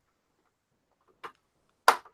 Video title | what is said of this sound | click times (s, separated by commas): Build The Classic Routemaster - Part 064 | that was yeah when you hear that click you know I've done it wrong and I've | 1.9 s